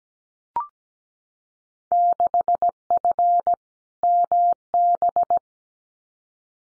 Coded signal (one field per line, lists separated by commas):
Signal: Morse code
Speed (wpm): 17 wpm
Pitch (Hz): 700 Hz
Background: none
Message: 6F MB